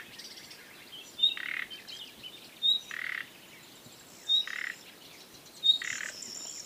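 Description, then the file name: Common nightingale giving high whistled notes, each paired with a low grating croak, four times at uneven intervals, with faint high twittering in the background. "Luscinia megarhynchos"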